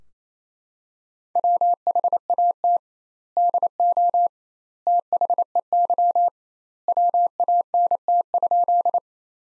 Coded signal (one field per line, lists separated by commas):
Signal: Morse code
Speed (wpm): 28 wpm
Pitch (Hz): 700 Hz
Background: none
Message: WHAT DO THEY WANT?